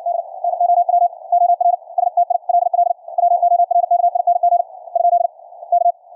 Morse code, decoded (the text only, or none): D NOW OR STILL WORKING ? K